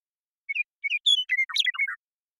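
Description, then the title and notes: Western meadowlark singing: two-part whistled opening notes, a bright held whistle, then a bubbling cascade of quick warbled notes closing on low, slurred whistles. Song of a bird recorded in the Pacific Northwest, Washington, United States; isolated and processed from the original with natural pace and rhythm kept. "BIRDSong Troupials And Allies - Western Meadowlark. Western Meadowlark, Sturnella neglecta, song, contact calls, and flush. Recorded in the beautiful Pacific Northwest in Washington, United States"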